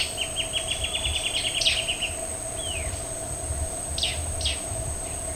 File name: Guianan warbling antbird